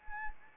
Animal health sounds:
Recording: mosquito wingbeat signal from an infrared sensor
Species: Anopheles arabiensis

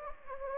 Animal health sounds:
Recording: mosquito wingbeat signal from an infrared sensor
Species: Anopheles gambiae

